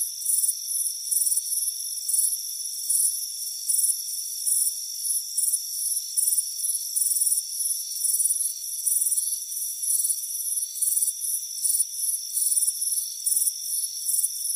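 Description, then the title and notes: High crickets chirping in short repeated bursts, layered on a steady ringing insect hum. Crickets chirping on a warm afternoon by a front porch. "Soothing Crickets Chirping Sound. It's a warm afternoon as you relax in a hammock on the front porch. Relax and fall asleep to the soothing sound of chirping crickets. Deep Sleep Sounds"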